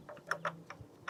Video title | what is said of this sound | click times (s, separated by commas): *UPDATE 3k Miles* - Customer States Jiffy Lube refused to change my Oil - Sludge Factory Kia Forte | twist it on until you hear a click click click and for my OCD friends out there | 0.3 s, 0.4 s, 1.1 s